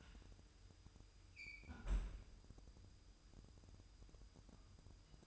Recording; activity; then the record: daily activity, microphone in the room; close fridge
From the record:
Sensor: 2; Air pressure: 988.3 hPa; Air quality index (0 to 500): 192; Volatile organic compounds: 189 ppm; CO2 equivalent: 4175 ppm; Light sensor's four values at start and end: 21/70/27/26 and 21/70/27/26